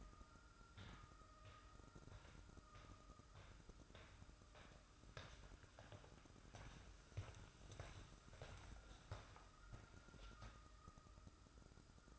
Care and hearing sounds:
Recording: daily activity, microphone in the room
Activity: walk to room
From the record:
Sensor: 2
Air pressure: 1008.0 hPa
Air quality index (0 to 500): 116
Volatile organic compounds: 1 ppm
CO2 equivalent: 865 ppm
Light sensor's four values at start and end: 7/16/7/7 and 7/16/6/6

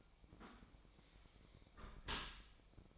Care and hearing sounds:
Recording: daily activity, microphone in the room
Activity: close dishwasher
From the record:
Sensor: 1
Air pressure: 1003.2 hPa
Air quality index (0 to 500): 196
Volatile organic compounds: 6 ppm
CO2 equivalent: 1876 ppm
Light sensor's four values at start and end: 29/71/30/36 and 29/71/30/36

